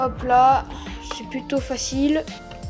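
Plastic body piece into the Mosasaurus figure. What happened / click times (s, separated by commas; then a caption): The plastic part is being handled but has not clicked home yet / none. A plastic body piece is handled against the Mosasaurus toy figure as it is pushed toward place, while someone talks over music. Nothing has seated or clicked yet; the piece is not yet home.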